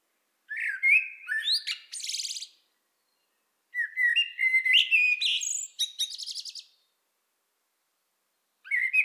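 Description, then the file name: Common blackbird song: two melodious whistled phrases, each ending in a buzzy high twitter, then a brief start of another phrase. "Turdus merula"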